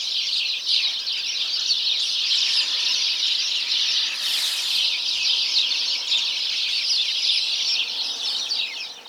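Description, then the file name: House sparrow flock chirping continuously, many overlapping calls, with a brief hissing burst in the middle and the chatter fading slightly at the end. "Passer domesticus"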